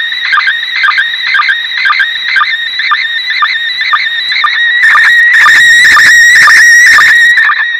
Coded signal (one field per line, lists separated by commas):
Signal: SSTV (slow-scan television)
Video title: ISS SSTV, 14:20.21 JULY 2017